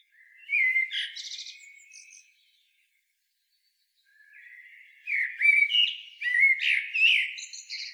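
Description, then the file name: Common blackbird song: a fluted phrase with a buzzy high twitter, a two-second pause, then a longer, livelier warbled phrase rising into squeaky notes. "Turdus merula"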